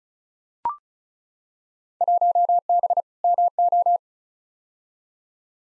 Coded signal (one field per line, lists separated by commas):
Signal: Morse code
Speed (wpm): 36 wpm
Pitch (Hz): 700 Hz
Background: none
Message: 1B MO